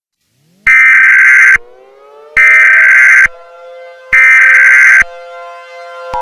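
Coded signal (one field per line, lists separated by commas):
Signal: Emergency Alert System (SAME) tones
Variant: header bursts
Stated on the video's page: Fictional EAS scenario.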